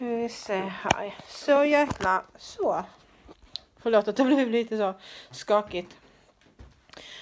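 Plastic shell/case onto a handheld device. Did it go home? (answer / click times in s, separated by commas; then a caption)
yes / 3.6 s. A replacement plastic shell is clicked onto a handheld device, swapped in because the first shell's knob did not sit right. Someone talks while fitting it, and a single very sharp, short click is heard at 3.6 seconds as the shell seats. Faint handling noises follow near the end.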